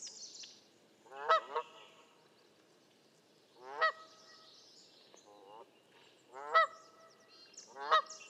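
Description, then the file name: Canada goose honks come sparsely, some doubled, separated by pauses of a few seconds, over a soft bed of chatter and high chirps. "kanadai lud hangja"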